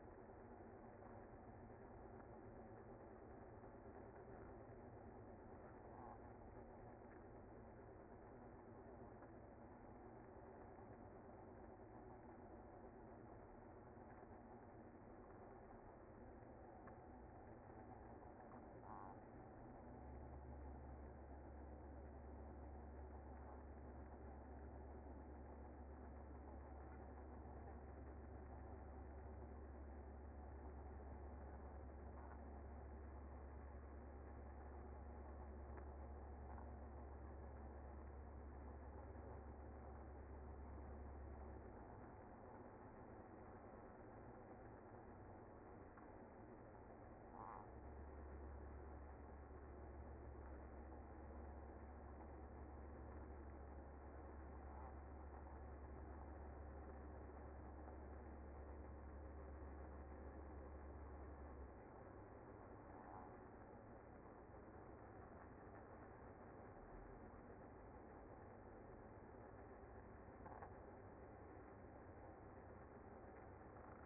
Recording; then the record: honeybee colony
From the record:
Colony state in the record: active